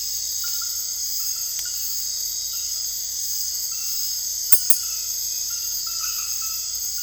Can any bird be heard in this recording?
no